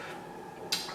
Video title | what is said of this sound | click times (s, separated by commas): ATT S1 (FIRST USE) V S2. | you hear a little click and then I will wind it into the handle | 0.7 s